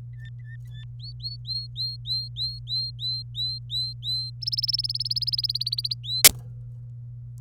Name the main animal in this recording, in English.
Domestic Canary